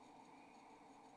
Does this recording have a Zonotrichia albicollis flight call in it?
no